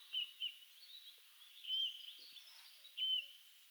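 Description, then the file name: Eurasian bullfinch calls, soft short piping whistles, a pair at the start and two longer notes later, with faint background hiss. "Pyrrhula pyrrhula"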